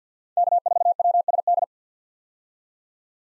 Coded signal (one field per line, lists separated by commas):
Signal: Morse code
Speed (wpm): 50 wpm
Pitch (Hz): 700 Hz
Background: none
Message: K4WSD